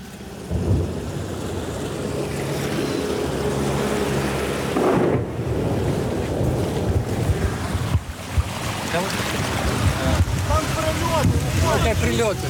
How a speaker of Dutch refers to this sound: Het ene na het andere bootje vaart langs.